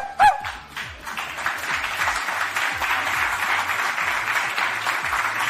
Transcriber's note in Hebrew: מחיאות כפיים